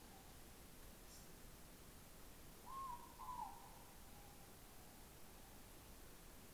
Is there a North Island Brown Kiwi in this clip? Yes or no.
no